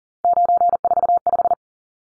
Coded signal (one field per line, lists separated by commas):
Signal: Morse code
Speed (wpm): 40 wpm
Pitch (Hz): 700 Hz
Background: none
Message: 945